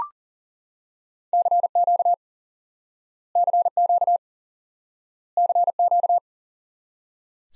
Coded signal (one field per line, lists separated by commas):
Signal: Morse code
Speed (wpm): 37 wpm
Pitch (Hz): 700 Hz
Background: none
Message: CQ CQ CQ